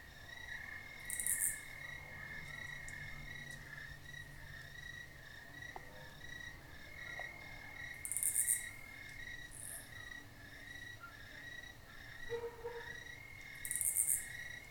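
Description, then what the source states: Crickets chirp in a steady high pulsing chorus; a cicada breaks in several times with loud raspy buzzing bursts, and a brief lower call sounds near the end. Crickets in a country field at night, with a nearby raspy cicada.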